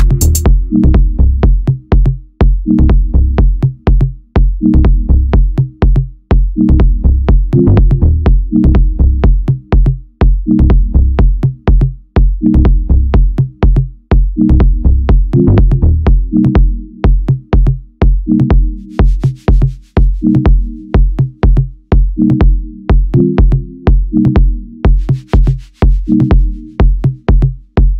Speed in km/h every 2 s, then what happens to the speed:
75, 75, 76, 76, 74, 73, 72, 72, 70, 70, 71, 71, 70, 70.
0-28 steady at about 72.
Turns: none.